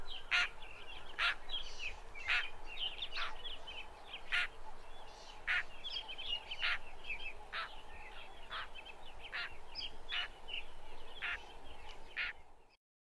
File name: canto do rolieiro de peito lilas